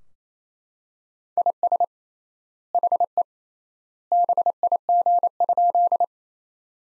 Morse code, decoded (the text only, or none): IS HE BIG?